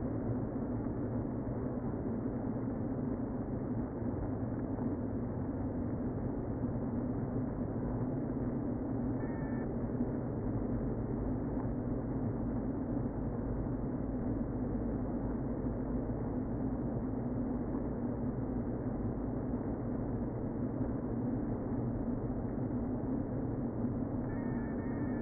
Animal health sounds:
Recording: honeybee colony, microphone inside the hive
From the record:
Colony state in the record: queen present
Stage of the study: before two queens were removed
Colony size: about 60,000 bees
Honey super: yes

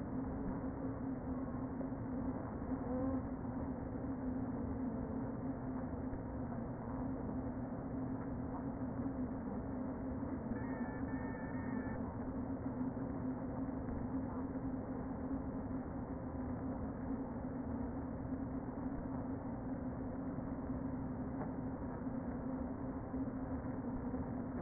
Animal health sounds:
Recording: honeybee colony, microphone inside the hive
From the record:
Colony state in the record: queen present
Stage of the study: before two queens were removed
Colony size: about 60,000 bees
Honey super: yes

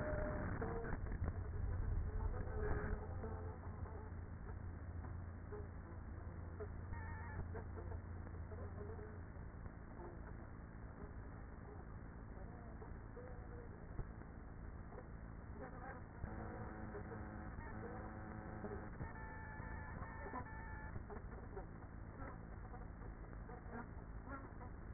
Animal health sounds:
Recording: honeybee colony, microphone inside the hive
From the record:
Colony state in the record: queenless with a low population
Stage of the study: after two queens were removed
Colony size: about 30,000 bees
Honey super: no

